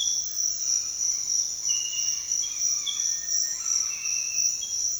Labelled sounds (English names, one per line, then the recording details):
Cinereous Tinamou
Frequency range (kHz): Cinereous Tinamou 1.5-2.3 kHz
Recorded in dense forest near Puerto Asís, Putumayo, Colombia, on 22 June 2025 at 06:30
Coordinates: 0.468, -76.322
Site GP03